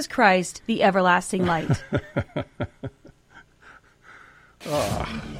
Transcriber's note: laughs